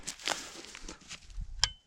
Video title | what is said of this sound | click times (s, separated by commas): How to Make a Dirthole Set for Bobcats and other Predators | So you heard it click there. | 1.6 s